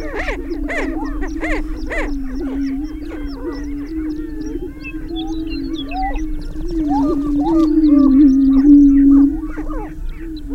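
Greater prairie-chicken chorus: a steady low moaning hum runs throughout beneath rapid bursts of clucking, whooping and cackling notes from several birds, swelling louder near the end.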